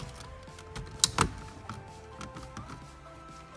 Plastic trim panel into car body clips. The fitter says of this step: pop it back into place.